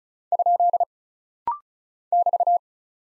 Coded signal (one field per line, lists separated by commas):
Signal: Morse code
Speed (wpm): 36 wpm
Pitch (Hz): 700 Hz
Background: none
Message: ? <BT>